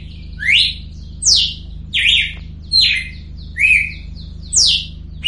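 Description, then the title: Red-cowled cardinal giving whistled slurred notes, rising and falling, nearly one per second, over a steady low hum. Female, recorded in nature. "Canto Galo Campina Fêmea. Galo de Campina Cantando na Natureza ( Canto de Pássaros )"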